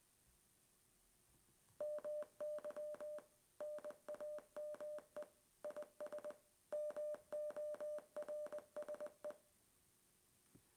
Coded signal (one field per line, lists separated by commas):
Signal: Morse code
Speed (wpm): 20 wpm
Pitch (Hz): 600 Hz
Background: none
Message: MY NAME IS MORSE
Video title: Morse Code Converter App Demo Android Studio